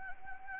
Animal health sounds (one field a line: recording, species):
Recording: mosquito wingbeat signal from an infrared sensor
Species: Anopheles arabiensis